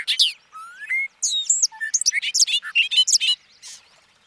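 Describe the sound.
Bobolink song: a few opening notes including a rising whistle, then a fast bubbling jumble of tinkling, metallic notes lasting about two seconds.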